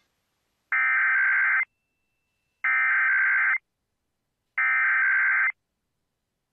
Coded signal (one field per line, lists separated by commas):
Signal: Emergency Alert System (SAME) tones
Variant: header bursts